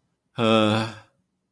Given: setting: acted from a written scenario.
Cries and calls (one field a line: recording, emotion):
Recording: vocal sound without words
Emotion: embarrassment